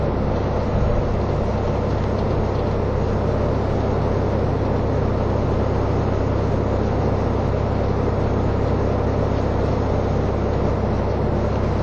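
Steady low rumble of the Kiha 183 series Asoboy diesel train running, a dense constant drone with a faint hiss above, unchanging throughout.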